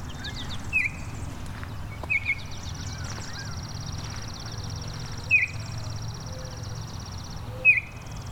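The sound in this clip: Baltimore Oriole song: a few short whistled notes at irregular intervals, with a long high buzzy trill, other bird chatter and a low background rumble.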